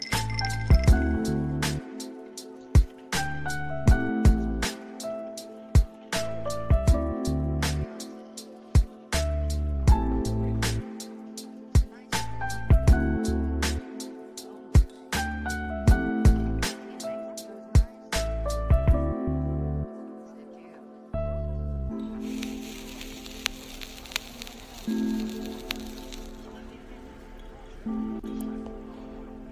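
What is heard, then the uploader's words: Sharp glassy clinks tap out a quick, fairly regular pattern for about twenty seconds over low, shifting tones. After a short gap, a steady bright hiss like whiskey pouring takes over to the end, with a few faint chinks scattered through it. Ice/glass chink/wiskey bottle/pouring. Bar ambience.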